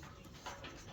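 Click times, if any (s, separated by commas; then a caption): none. Someone pushes the Mondo feed line tubing into the syringe fitting on an Autofarmer 3D printer filament-type feeder during a heat tape install. Quiet handling noise is heard, with a brief louder sound at about 0.5 s. The line has not clicked or seated into the fitting yet.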